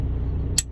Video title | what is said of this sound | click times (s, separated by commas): Manfrotto 055 3 section Aluminum Tripod (Review & Unboxing) | go down another level with clicks that's three clicks | 0.6 s